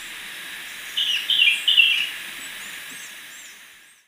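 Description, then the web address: Black-and-white becard call: three quick buzzy chirps close together in about one second, with faint high notes and steady hiss behind. Recorded in Ecuador. "Birds of Ecuador. Black-and-white Becard"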